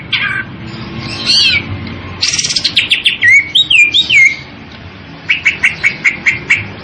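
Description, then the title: Greater green leafbird song: varied phrases with sharp slurred whistles, a dense burst of notes, then a run of rapid clipped notes near the end. Described as gacor, meaning the bird sings vigorously and continuously. "Cucak Ijo Gacor"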